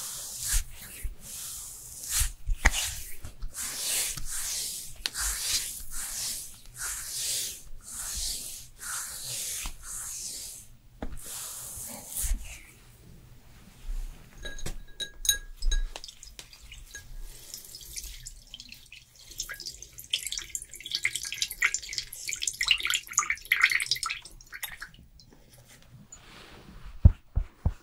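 Sounds of a skincare routine: for the first twelve seconds, quick bright rubbing and patting strokes come in a steady rhythm. After that it turns sparse, with soft clicks, faint wet dabbing and a thin crackle, plus a low hum underneath.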